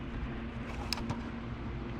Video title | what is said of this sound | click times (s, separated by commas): How to install and wire LED headlights on a Iroc z Camaro | i heard it click back in let's try this other side | 0.9 s